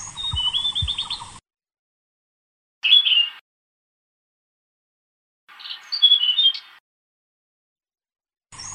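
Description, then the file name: Blue-throated flycatcher song with a trilled phrase over low thumps, then two separate short bursts of high, slurred whistles, with dead silence between phrases. "kicau sikatan blue throated. omkicau"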